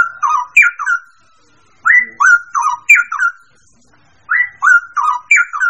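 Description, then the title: Bird song: a clear whistled phrase of several dropping notes, given three times with short pauses between. "manuk campur"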